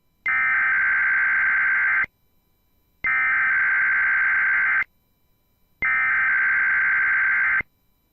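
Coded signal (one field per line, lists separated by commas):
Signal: Emergency Alert System (SAME) tones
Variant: header bursts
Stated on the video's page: NOAA Weather Radio weekly test SAME tones.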